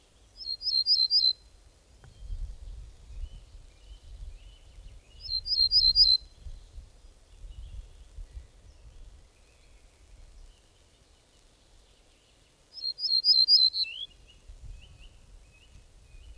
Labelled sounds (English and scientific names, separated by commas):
Ortolan Bunting (Emberiza hortulana) song